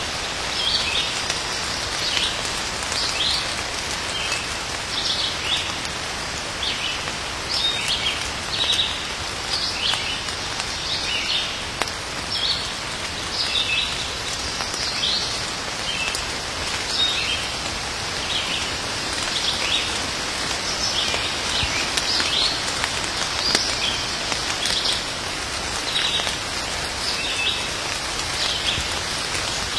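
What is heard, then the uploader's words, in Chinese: Light countryside rain falls steadily, a dense soft patter with a faint bright hiss, while small birds chirp repeatedly throughout. 乡间小雨。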